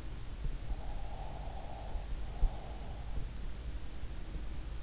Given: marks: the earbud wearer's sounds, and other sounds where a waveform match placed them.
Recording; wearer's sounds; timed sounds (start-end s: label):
sounds in sleep by an in-ear microphone; breath
0.28-3.88 s: breath